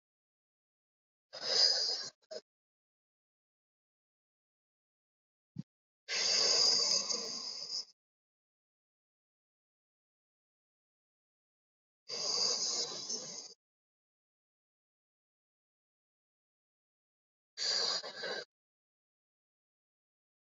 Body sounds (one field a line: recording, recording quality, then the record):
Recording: deep breathing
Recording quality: excellent, no background noise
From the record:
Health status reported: COVID-19 positive, mild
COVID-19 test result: positive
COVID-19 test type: RT-PCR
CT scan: not taken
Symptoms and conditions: cough, cold, sore throat, muscle pain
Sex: male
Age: 28 years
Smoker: yes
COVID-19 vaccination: both doses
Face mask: worn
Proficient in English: yes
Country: India